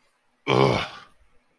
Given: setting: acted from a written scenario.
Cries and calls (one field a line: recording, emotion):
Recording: vocal sound without words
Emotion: anger